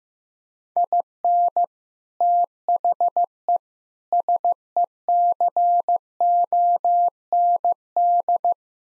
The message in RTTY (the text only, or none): none